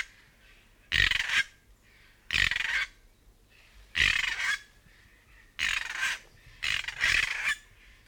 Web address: bird-song north-island-kaka